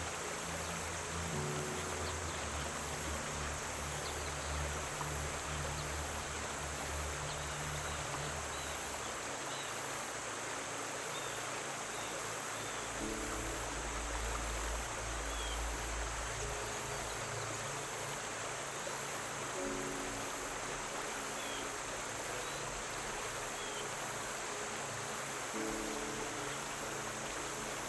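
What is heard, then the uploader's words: A steady, dense rush of river current fills the clip, with soft low music tones drifting underneath and shifting every few seconds. The Sound of the River's Current and Relaxing MUSIC. Fusion of river sound and soft music.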